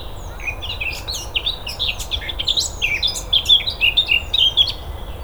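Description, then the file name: Eurasian blackcap song: a fast, varied warble of clear fluting and chattering notes, carrying on for several seconds. "Sylvia atricapilla"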